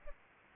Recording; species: mosquito wingbeat signal from an infrared sensor; Aedes albopictus